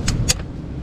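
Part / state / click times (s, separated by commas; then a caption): tractor side panel/cover onto tractor frame / seated / 0.3 s. A removed side panel on a Case IH 75C tractor, taken off for an oil and filter change, is slid back onto the tractor frame. A sharp tap at 0.1 s is followed by a bright, louder snap at 0.3 s and a faint tick just after, over a low background rumble. The panel clicks into place at 0.3 s and is seated.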